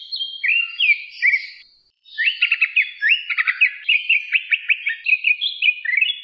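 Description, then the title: Leafbird song of quick chirps and slurred whistled phrases, a brief gap, then a busy stream of sharp repeated notes. "CUCAK IJO"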